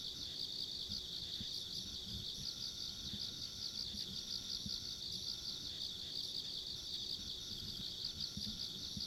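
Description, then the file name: Insects sing in a continuous high-pitched pulsing chorus over a steady low background rumble. Ambient insect sounds recorded along a country road. "田舎道の虫の環境音"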